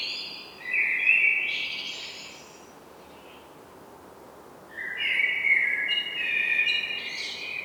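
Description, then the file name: Common blackbird song, a mellow warbled phrase with a high twittering tail, a pause of about two seconds, then a second phrase that runs to the end; quiet hiss between. "Turdus merula"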